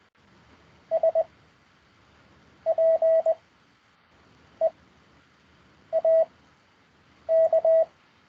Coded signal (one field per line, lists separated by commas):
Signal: Morse code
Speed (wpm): 20 wpm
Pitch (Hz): 650 Hz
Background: none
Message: SPEAK